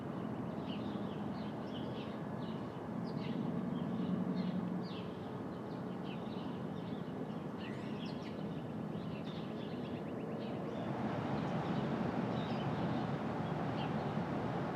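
Brooklyn at dawn: a steady low rumble of traffic fills the whole stretch, with a faint hum underneath. Short bird chirps flicker above it throughout, thickest in the first half, and the traffic swells a little louder after about eleven seconds.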